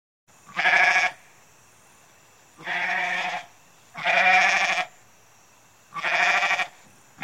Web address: goat